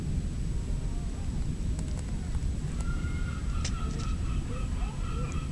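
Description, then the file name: Mongolian gull calls, a few drawn-out mewing notes and short yelps in the second half, with scattered clicks over a constant low rumble. "Larus mongolicus"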